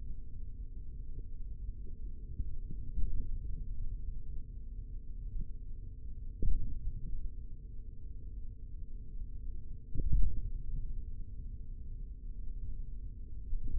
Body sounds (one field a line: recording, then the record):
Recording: forearm muscle sounds (acoustic myography)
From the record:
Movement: hand opening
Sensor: system 3, bracelet of six PUI Audio POM-2738L microphones around the upper forearm, with dedicated amplification and filtering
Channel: 4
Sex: male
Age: 43 years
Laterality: right